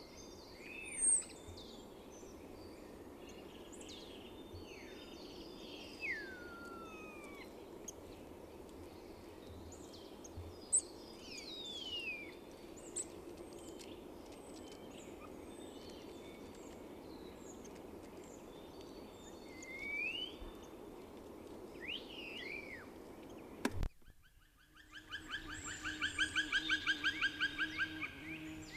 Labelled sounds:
Black Woodpecker (Dryocopus martius) call
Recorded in the wild
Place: Kaiserslautern, Rheinland-Pfalz, DE
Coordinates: 49.4153, 7.83444
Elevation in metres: 342
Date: 1974-04-04
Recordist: Tretzel, Erwin

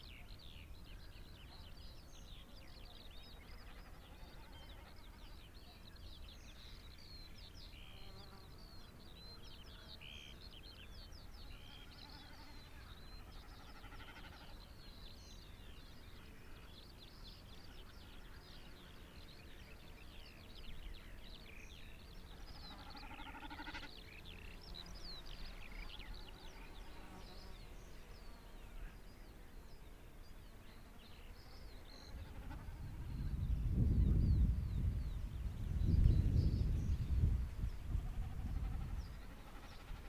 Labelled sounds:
Common Snipe (Gallinago gallinago)
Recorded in the wild
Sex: male
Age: adult
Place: Zarnekow, Peenetal, Mecklenburg-Vorpommern, DE
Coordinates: 53.8767, 12.8836
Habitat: greenland
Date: 2010-06-08 16:27
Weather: fair, 20°C, weak easterly winds
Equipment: Sound Devices 702, Sennheiser MKH 70, Rycote Windschutz
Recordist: Frommolt, Karl-Heinz

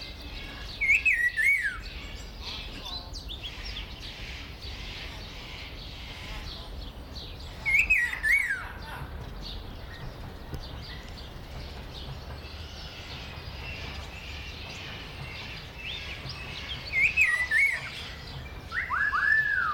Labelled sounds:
Red-faced Liocichla (Liocichla phoenicea) call
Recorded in captivity
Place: Zoo Berlin, Berlin, DE
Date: 1996-04-20 18:41
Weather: sonnig, 24°C
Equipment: Sony MD-WM MZ-R3, Sennheiser MKH 416 T, Kopie Uher 4000 Report Monitor
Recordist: Tembrock, Günter

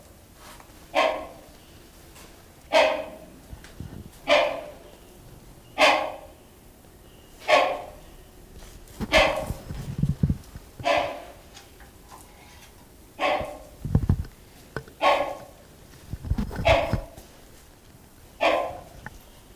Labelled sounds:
Rhinoceros Hornbill (Buceros rhinoceros) call
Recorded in captivity
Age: adult
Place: Zoo Berlin, Berlin, DE
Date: 1997-12-13 15:49
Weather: bedeckt, ca. 3-5°C
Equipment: Nagra SN, Kopie Uher 4000 Report Monitor
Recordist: Tembrock, Günter

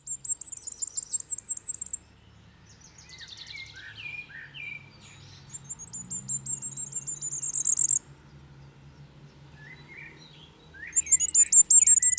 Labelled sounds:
Common Firecrest (Regulus ignicapilla) song
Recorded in the wild
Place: Kaiserslautern, Rheinland-Pfalz, DE
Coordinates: 49.4247, 7.77889
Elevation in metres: 279
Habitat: garden
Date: 1983-05-23
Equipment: Nagra IV, Sennheiser MKH 405, Parabolreflektor
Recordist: Tretzel, Erwin

